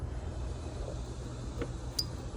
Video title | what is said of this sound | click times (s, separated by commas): How to splice/replace 7 pin wires and plug W204 | like that, pops right into place. | 2.0 s